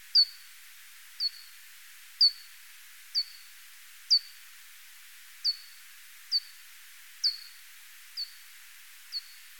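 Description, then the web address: Japanese pipistrelle echolocation calls: ten short downward-sweeping chirps, each levelling off at the end, spaced roughly one second apart over a faint steady hiss. "Pipistrellus abramus"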